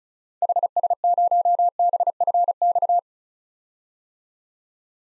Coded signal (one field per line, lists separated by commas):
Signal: Morse code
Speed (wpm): 34 wpm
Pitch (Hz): 700 Hz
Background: none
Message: HS0BFX